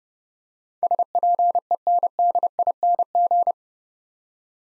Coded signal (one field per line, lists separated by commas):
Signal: Morse code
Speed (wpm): 30 wpm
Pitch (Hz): 700 Hz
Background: none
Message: SPENDING